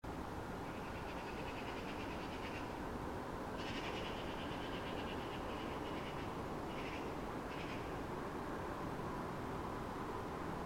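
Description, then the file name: Eurasian magpie chattering in two long, rapid, harsh rattles lasting about two to two and a half seconds, then two brief bursts, against constant loud background noise. "Pica pica"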